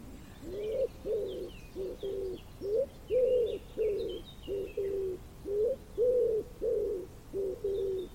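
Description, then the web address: Common wood pigeon cooing: a steady series of low, soft hooted notes, with faint high chirps of other birds above. "cianscape. Deverinetal"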